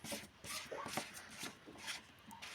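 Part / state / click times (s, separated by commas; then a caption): coolant expansion tank cap onto tank filler neck / not seated / none. A coolant expansion tank cap on a Volkswagen or Skoda car is put onto the tank's filler neck and turned, making a series of short, broadband rubbing and scraping strokes. Nothing has clicked or seated yet.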